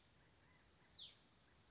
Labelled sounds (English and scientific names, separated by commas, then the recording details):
Hutton's Vireo (Vireo huttoni)
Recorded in Sonoma County, California